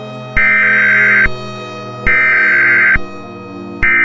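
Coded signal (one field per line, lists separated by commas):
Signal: Emergency Alert System (SAME) tones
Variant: header bursts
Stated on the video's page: Fictional EAS scenario.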